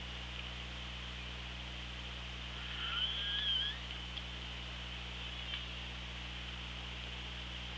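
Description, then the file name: Orca call: one squeaky, wavering tonal call lasting under a second with fainter lower overtones, surrounded by steady underwater hiss and low hum. Recorded on an OrcaLab hydrophone, 24 August 2017, about 17:19. "Orca Lab UTLN JASON 20170824 171857"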